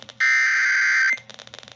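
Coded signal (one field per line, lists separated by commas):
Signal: Emergency Alert System (SAME) tones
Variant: header bursts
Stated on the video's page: Real EAS Flash Flood Warning for Johnston County NC.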